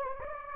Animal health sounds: mosquito wingbeat signal from an infrared sensor; Anopheles gambiae

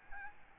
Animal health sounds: mosquito wingbeat signal from an infrared sensor; Aedes albopictus

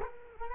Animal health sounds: mosquito wingbeat signal from an infrared sensor; Culex quinquefasciatus

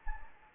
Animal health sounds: mosquito wingbeat signal from an infrared sensor; Anopheles gambiae

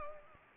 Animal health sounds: mosquito wingbeat signal from an infrared sensor; Anopheles arabiensis

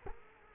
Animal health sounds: mosquito wingbeat signal from an infrared sensor; Culex quinquefasciatus

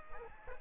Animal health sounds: mosquito wingbeat signal from an infrared sensor; Aedes aegypti

